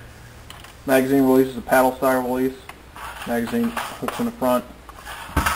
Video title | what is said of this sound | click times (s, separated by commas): JG Cybergun Sig 552 review | Magazine hooks in the front and clicks in. | 5.5 s